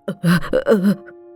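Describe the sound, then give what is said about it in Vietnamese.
An old man clutching his chest heaves out three or four strained, groaning gasps in quick succession, breathy and ragged with a moaning pitch, then falls quiet after about a second. “cụ Hãn ôm ngực thở dốc”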